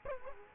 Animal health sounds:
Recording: mosquito wingbeat signal from an infrared sensor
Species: Culex quinquefasciatus

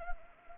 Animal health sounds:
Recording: mosquito wingbeat signal from an infrared sensor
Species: Anopheles arabiensis

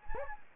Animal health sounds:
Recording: mosquito wingbeat signal from an infrared sensor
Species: Anopheles gambiae

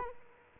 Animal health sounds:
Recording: mosquito wingbeat signal from an infrared sensor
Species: Culex quinquefasciatus

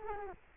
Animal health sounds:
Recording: mosquito wingbeat signal from an infrared sensor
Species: Culex quinquefasciatus

